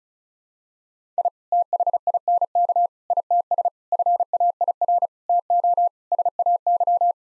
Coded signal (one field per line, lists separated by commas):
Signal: Morse code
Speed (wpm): 34 wpm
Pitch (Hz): 700 Hz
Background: none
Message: I THINK ITS FAIR TO SAY